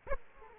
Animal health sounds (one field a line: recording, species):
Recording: mosquito wingbeat signal from an infrared sensor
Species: Aedes aegypti